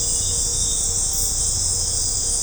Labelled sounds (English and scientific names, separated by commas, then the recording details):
none
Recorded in secondary vegetation near Puerto Asís, Putumayo, Colombia, on 20 December 2024 at 19:00
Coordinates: 0.502, -76.326
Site G028